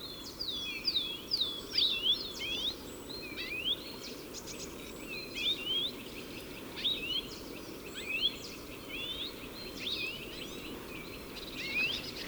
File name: Carduelis carduelis